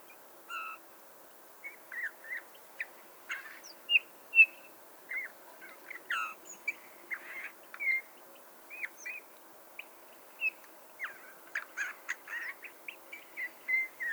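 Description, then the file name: Eurasian bullfinch uttering a long run of short soft whistled and piping notes, irregularly spaced, some slurred downward, with a few sharper chips. "Pyrrhula pyrrhula"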